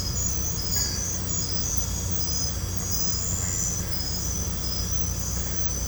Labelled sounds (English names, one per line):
none